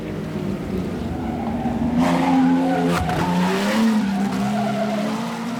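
Grand Prix racing cars roar past in a motor race with sustained engine drone and shifting pitch, punctuated by high tire squeals and skidding around the midpoint, loud and continuous with no talking.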